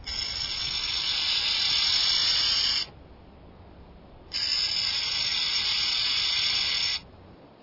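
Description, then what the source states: Burrowing owl hiss: a long, harsh rasping hiss, a pause, then another long hiss, with quiet between, and a further hiss just beginning at the end. Hair-raising hiss, possibly evolved to mimic a cornered rattlesnake's warning and warn visitors from the nest burrow; ground squirrels nearly as alarmed as by a rattlesnake; owl active in daytime.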